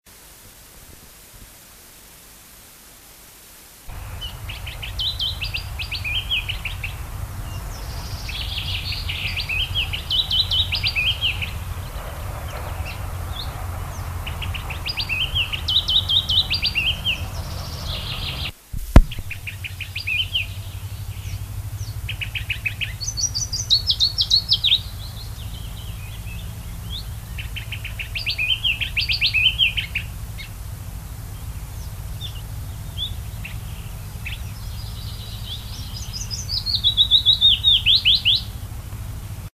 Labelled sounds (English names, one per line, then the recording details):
Willow Warbler song
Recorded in the wild
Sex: male
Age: adult
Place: Erlangen, Bayern, DE
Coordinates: 49.6028, 10.9819
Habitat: Forst-Dickung
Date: 1963-04-22
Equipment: Vollspur, Original
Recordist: Tretzel, Erwin
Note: Erlangen, Möhrendorfer Straße (Forst-Dickung) - Ostseite: Fitis II: Gesang